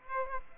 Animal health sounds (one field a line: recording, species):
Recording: mosquito wingbeat signal from an infrared sensor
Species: Aedes aegypti